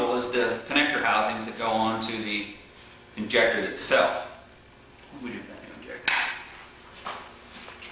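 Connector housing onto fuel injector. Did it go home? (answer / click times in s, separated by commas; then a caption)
yes / 6.1 s. Someone talks while a plastic connector housing is pushed onto a fuel injector of a Datsun 280Z/ZX fuel injection system. A sharp click at 6.1 s marks its retaining clip locking into place, and the housing is seated.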